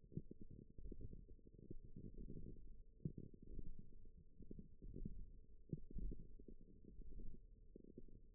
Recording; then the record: forearm muscle sounds (acoustic myography)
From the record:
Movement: radial deviation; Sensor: system 1, eight BSWA MPA416 microphones around the upper forearm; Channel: 4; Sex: female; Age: 20 years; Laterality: right